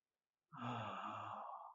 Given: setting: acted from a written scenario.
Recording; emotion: vocal sound without words; ecstasy